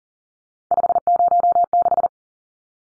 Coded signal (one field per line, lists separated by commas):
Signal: Morse code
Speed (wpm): 40 wpm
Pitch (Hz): 700 Hz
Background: none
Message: 506